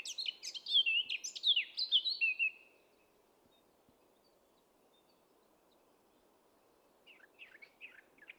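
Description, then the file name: Eurasian blackcap: warbling songbird phrase of rapid chirps and whistles lasting under three seconds, followed by a long quiet gap and the start of another soft phrase. "Sylvia atricapilla"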